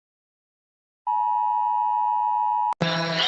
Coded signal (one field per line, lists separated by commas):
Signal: Emergency Alert System (SAME) tones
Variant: 853 and 960 Hz attention tone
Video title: Fake oceanian eas alarms rating